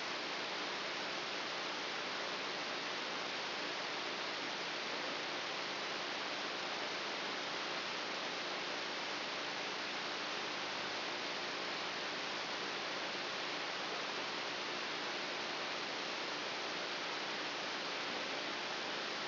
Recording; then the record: brain microelectrode recording played as sound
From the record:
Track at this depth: inside the subthalamic nucleus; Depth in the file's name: 2.802 mm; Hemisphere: right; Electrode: 3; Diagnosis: Parkinson's disease